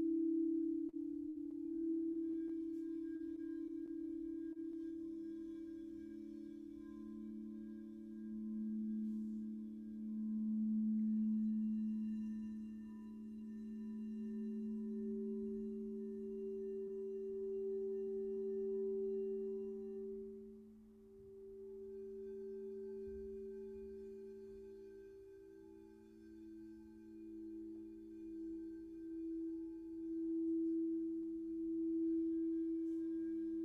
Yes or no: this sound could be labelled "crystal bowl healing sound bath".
yes